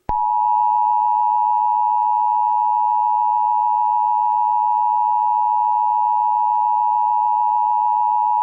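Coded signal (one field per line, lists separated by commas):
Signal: Emergency Alert System (SAME) tones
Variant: 853 and 960 Hz attention tone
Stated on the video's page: Fictional EAS scenario of a nuclear disaster in Illinois caused by a tornado.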